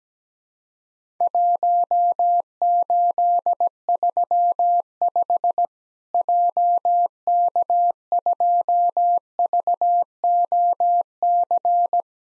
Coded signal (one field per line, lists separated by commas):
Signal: Morse code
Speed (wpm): 17 wpm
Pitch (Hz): 700 Hz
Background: none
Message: 1835 JK2VOC